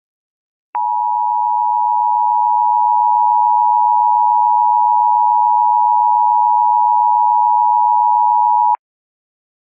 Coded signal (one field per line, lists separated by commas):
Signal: Emergency Alert System (SAME) tones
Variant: 853 and 960 Hz attention tone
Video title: EAS Scenario Special - Absolute Zero